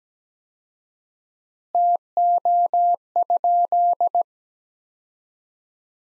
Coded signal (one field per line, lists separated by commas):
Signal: Morse code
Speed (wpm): 17 wpm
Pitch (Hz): 700 Hz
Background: none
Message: TO?